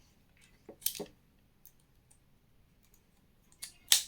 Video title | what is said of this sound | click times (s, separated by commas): Super Bait Talaga Nang Amo Ko | Yun, nag-lock na siya guys. | 3.9 s